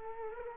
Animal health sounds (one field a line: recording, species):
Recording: mosquito wingbeat signal from an infrared sensor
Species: Culex quinquefasciatus